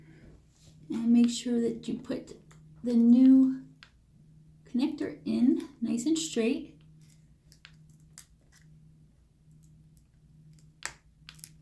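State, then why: Seated. Someone talks while a new display cable connector is pushed straight into its socket on the back of a replacement laptop screen, model 15-ay103cy. After quiet handling ticks, a sharp click at 10.8 s marks the connector seating in place.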